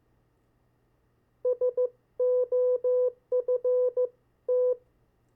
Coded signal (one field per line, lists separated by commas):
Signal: Morse code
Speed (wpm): 15 wpm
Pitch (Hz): 500 Hz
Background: none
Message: SOFT